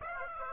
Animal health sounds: mosquito wingbeat signal from an infrared sensor; Aedes aegypti

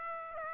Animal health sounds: mosquito wingbeat signal from an infrared sensor; Aedes aegypti

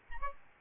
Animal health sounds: mosquito wingbeat signal from an infrared sensor; Aedes albopictus

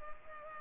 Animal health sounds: mosquito wingbeat signal from an infrared sensor; Culex pipiens

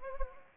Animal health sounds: mosquito wingbeat signal from an infrared sensor; Anopheles arabiensis

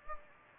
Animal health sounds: mosquito wingbeat signal from an infrared sensor; Anopheles gambiae

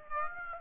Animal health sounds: mosquito wingbeat signal from an infrared sensor; Aedes aegypti

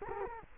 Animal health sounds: mosquito wingbeat signal from an infrared sensor; Culex quinquefasciatus

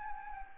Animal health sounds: mosquito wingbeat signal from an infrared sensor; Anopheles arabiensis

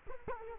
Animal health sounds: mosquito wingbeat signal from an infrared sensor; Culex quinquefasciatus

